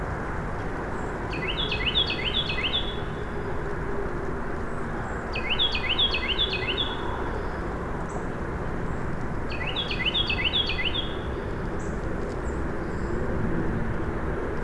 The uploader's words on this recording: Carolina Wren in Dyke Marsh (flooded forest alongside channel). Anthropogenic noise: cars on NPS George Washington Memorial Parkway. Fostex FR-2, Sennheiser ME62, Telinga Parabola.